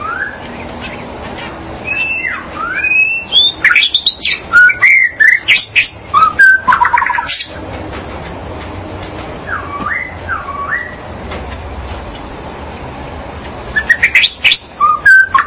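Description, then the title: Magpie-robin or shama delivering varied song: looping whistles that dip and rise, quick chattering runs, a pause with a couple of slurred notes, then another fast burst. "Suara Burung Murai"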